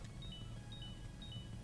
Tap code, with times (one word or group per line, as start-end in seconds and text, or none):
none